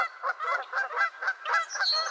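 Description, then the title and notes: Goose: geese honking loudly and rapidly, overlapping calls in a short, steady squabble. Squabbling geese at Miner's Marsh, Annapolis Valley, Nova Scotia. "Theraphonia - Geese at Miner's Marsh. Geese squabbles at Miner's Marsh, Annapolis Valley, Nova Scotia"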